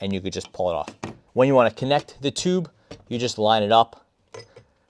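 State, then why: Seated. Someone talks while lining up the plastic extension tube of a Shark Rocket Deluxe Pro stick vacuum with the handheld unit's connector. The tube is pushed in and snaps into the lock with a short, sharp click at 4.3 s, and it is seated.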